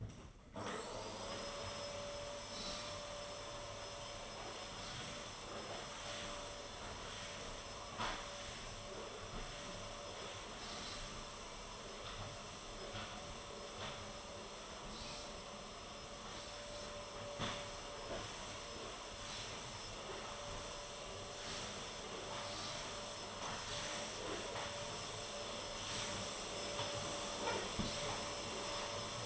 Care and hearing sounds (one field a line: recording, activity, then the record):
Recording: daily activity, microphone in the room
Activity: vacuum cleaning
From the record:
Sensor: 4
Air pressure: 1012.7 hPa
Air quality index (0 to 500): 249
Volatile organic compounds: 5 ppm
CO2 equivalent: 1706 ppm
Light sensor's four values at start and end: 13/29/12/11 and 13/29/12/11